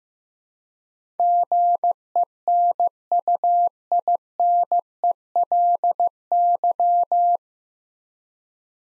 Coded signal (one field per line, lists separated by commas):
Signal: Morse code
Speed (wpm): 15 wpm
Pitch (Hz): 700 Hz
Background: none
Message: GENUINELY